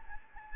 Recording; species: mosquito wingbeat signal from an infrared sensor; Anopheles gambiae